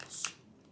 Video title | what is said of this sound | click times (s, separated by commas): Legion Go 2 Size Comparison vs Switch 2 vs Playstation Portal | clicks back in like a magnet. Right? | 0.2 s